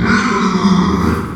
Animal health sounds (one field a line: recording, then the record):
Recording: squeal of a Yucatan mini pig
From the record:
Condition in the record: after surgery on the right vocal fold (resection and tissue-engineered implant)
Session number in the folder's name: 16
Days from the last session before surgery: 183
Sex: female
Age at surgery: 19 weeks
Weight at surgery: 25 kg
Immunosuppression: prednisolone